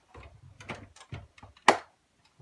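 The rear of the plastic cab on a 1:16 Bruder Volvo A60H toy dump truck, fitted with a 3D-printed RC conversion kit, is pushed down onto the chassis after its nose is hooked in, with the cab's steps spread apart. Soft plastic rubs and ticks lead up to one sharp, loud click at 1.7 s, and the cab rear seats in place.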